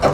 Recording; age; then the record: pig call; growing-finishing pig (85 days or more)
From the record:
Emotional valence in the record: positive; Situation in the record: run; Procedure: transit